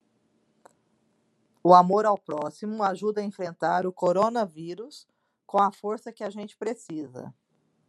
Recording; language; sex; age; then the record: spoken sentence; Brazilian Portuguese; female; 40 to 49 years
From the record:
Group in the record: control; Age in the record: 49 years